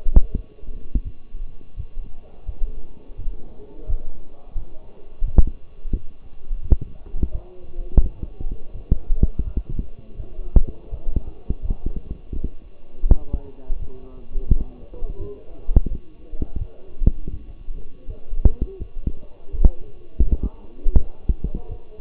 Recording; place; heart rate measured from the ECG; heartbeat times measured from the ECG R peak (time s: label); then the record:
heart sounds by stethoscope; between the tricuspid and mitral areas; 84 bpm
0.32 s: heartbeat
1.03 s: heartbeat
1.76 s: heartbeat
2.46 s: heartbeat
3.17 s: heartbeat
3.86 s: heartbeat
4.54 s: heartbeat
5.24 s: heartbeat
5.91 s: heartbeat
6.61 s: heartbeat
7.31 s: heartbeat
8.01 s: heartbeat
8.73 s: heartbeat
9.44 s: heartbeat
10.16 s: heartbeat
10.90 s: heartbeat
11.61 s: heartbeat
12.33 s: heartbeat
13.07 s: heartbeat
13.78 s: heartbeat
14.47 s: heartbeat
15.18 s: heartbeat
15.89 s: heartbeat
16.58 s: heartbeat
17.30 s: heartbeat
18.06 s: heartbeat
18.78 s: heartbeat
19.51 s: heartbeat
20.23 s: heartbeat
20.94 s: heartbeat
21.68 s: heartbeat
From the record:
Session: walking at 3.7 km/h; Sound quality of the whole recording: partially saturated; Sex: male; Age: 24 years